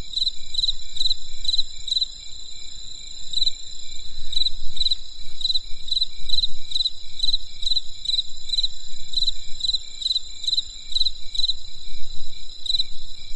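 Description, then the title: Insect chirping, rapid pulsed chirps in steady runs with a short break early on, over a continuous high insect whine and low rumbling noise. Insects calling on a winter night in the countryside. "There was a crisp sound of insects in the winter night."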